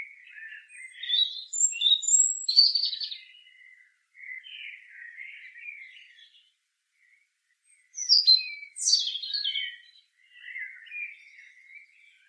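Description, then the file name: European robin song: two phrases of thin, high whistles and trills, each with a loud, sparkling high burst followed by softer, lower warbling, separated by a pause. "Erithacus rubecula"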